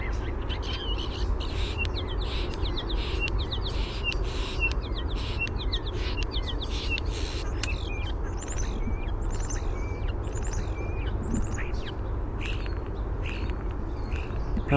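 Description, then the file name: European starling warbled song, a dense nonstop jumble of clicks, rattles and short whistles, some sliding, over a steady low rumble. "EUST warbledsong"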